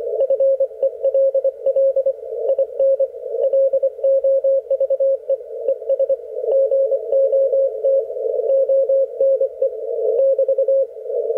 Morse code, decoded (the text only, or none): FELL IN LOVE ES GOT ONE <BT>